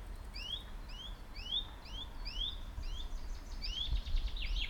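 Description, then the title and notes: Bird calls: upslurred chirps from two birds in quick alternation, with a thudding low noise near the end. Two birds calling in competition, Buchet, Germany; a bus drives on the street to the west and a plane flies over the area. "Buchet, Deutschland - Vogelwettschreien. Birds battle. Zwei Vögel schreien um die Wette, auf der westlich gelegenen Straße fährt ein Bus, ein Flugzeug fliegt über das Gebiet"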